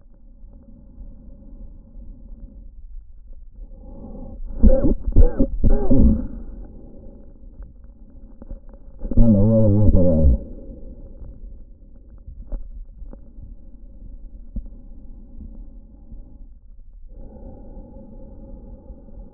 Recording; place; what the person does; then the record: lung sounds by stethoscope; trachea; quiet breathing, then cough and speech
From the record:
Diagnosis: COPD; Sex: male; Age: 60 years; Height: 171 cm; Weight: 59.4 kg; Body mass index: 20.3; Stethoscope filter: diaphragm mode